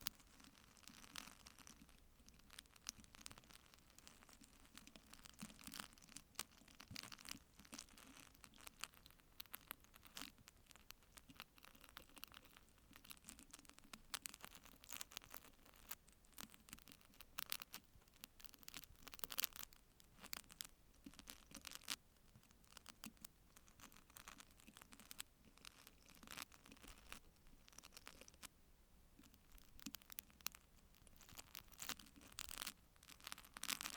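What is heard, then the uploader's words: Plastic wrap rustling over a microphone, a continuous crinkling and crackling that runs the full length without pause. Sharp, bright crackles come thick and irregular, with brief louder bursts scattered throughout, over a low, steady rumble underneath. ASMR Plastic Wrap On The Microphone.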